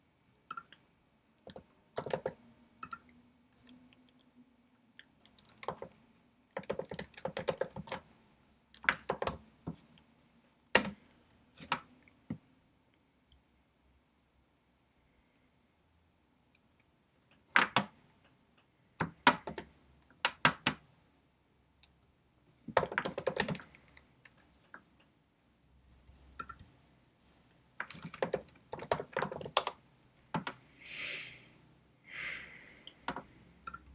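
Studying with a pencil and a computer: short bursts of keyboard tapping and clicks come in irregular clusters across the clip, with long quiet gaps between them. A faint low hum runs underneath during the first half, and later bursts are brighter and scratchier.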